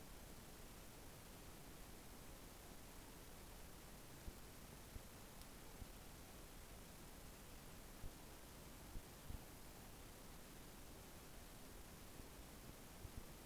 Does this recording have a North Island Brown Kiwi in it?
no